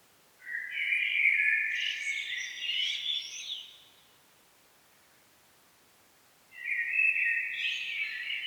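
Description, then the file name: Common blackbird singing two phrases, mellow warbling topped by thin high squeaks, with several seconds of quiet between them. "Turdus merula"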